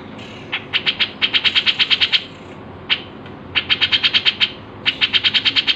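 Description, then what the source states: Grey-cheeked bulbul chattering in quick runs of bright staccato notes, several short bursts in a row with brief gaps between them. Masteran, a training recording used to tutor songbirds.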